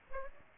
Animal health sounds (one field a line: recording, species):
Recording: mosquito wingbeat signal from an infrared sensor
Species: Aedes aegypti